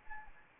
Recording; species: mosquito wingbeat signal from an infrared sensor; Anopheles arabiensis